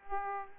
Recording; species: mosquito wingbeat signal from an infrared sensor; Aedes aegypti